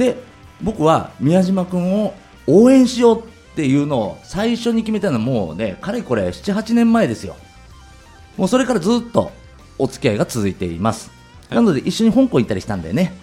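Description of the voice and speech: An adult male talk-show host speaking Japanese in a relaxed conversational tone, with short pauses between phrases.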